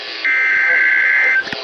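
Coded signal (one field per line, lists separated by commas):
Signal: Emergency Alert System (SAME) tones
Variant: header bursts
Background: speech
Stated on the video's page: Emergency Alert System Required Weekly and Required Monthly Tests from August 2020.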